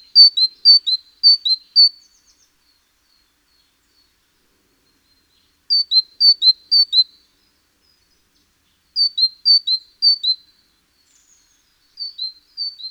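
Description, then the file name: Great tit song: clear two-note phrases, a higher note dropping to a lower one, repeated three or four times in bursts separated by pauses of a few seconds. "Parus major"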